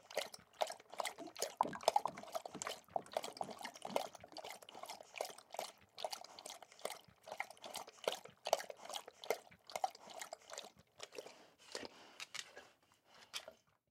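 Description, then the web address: Dog lapping water with rapid, uneven wet splashing laps that continue steadily and then thin out near the end. Dog panting and drinking, lapping water. "Blastwave ANIMALS Dog Pant Drink"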